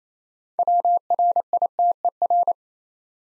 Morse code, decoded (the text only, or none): WRITER